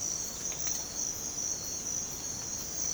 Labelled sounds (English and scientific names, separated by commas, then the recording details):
none
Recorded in pastures near Puerto Asís, Putumayo, Colombia, on 19 March 2025 at 05:30
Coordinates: 0.505, -76.324
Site GP08